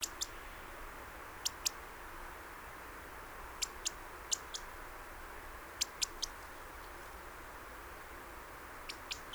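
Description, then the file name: European robin calls as dry, high clicks in pairs and small clusters, repeating every second or two against a constant background hiss. "Erithacus rubecula"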